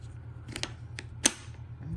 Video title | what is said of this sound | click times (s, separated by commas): The Most Satisfying Puzzle Ever? | that snaps into place and then the eye uh you're going to have it Go | 1.3 s